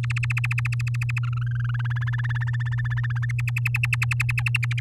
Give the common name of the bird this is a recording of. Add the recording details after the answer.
Domestic Canary. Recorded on 10 May 2018 at 17:08. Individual llb16